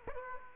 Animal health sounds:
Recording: mosquito wingbeat signal from an infrared sensor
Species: Aedes aegypti

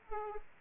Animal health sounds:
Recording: mosquito wingbeat signal from an infrared sensor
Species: Aedes aegypti

